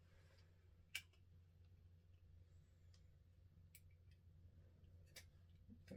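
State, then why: Not seated. A roll of 35 mm film is being loaded into a plastic-bodied SLR, with the film leader pushed toward the take-up spool. Small ticks and clicks from the film and camera back sound over a low hum, the sharpest near 1.0 s and 3.8 s. The leader fails to catch on the take-up spool, so nothing has caught or seated yet.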